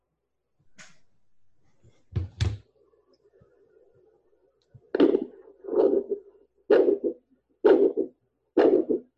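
Doppler arterial pulse signal from the radial artery at the wrist of an adult, picked up with a handheld Doppler probe and a little gel to find the pulse, as used when measuring limb occlusion pressure for blood flow restriction training.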